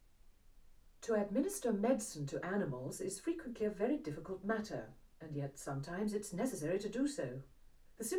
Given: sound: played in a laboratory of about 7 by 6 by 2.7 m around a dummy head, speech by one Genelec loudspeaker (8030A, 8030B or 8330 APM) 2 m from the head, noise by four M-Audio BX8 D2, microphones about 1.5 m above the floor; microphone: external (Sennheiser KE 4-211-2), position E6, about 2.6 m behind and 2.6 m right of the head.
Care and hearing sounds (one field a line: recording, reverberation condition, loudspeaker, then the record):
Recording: female speech in English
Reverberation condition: low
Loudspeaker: 60 degrees to the left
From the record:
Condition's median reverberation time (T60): about 310 ms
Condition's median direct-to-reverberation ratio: about 3.5 dB